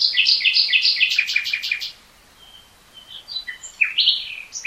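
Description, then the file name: Common nightingale song, a fast repeated note series and a rattling trill, then a pause and further sharp whistled phrases. "Luscinia megarhynchos"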